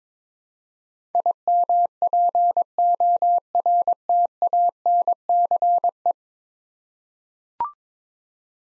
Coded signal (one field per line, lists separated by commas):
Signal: Morse code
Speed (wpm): 22 wpm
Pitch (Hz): 700 Hz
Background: none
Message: IMPORTANCE